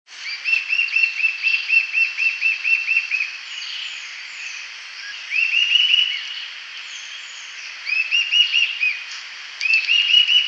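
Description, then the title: Eastern sirystes calling: a long run of rapid, short, clipped notes, then shorter bursts, over a steady background hiss. "LuckyPassaro Completos2Sama. Eastern Sirystes (Sirystes sibilator)"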